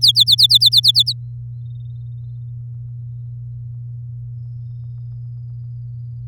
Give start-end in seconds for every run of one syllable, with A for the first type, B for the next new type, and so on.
0.01-1.13 A